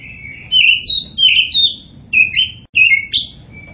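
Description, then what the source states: Oriental magpie-robin song: short bursts of scratchy, warbling whistled notes repeated in quick succession, with a faint hum below. Indonesian name kacer poci; described as gacor, meaning singing vigorously and continuously.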